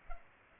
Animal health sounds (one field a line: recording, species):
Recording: mosquito wingbeat signal from an infrared sensor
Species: Culex pipiens